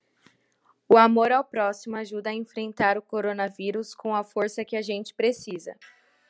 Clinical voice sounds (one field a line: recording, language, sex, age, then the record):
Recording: spoken sentence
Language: Brazilian Portuguese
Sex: female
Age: 18 to 19 years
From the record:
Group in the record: control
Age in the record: 18 years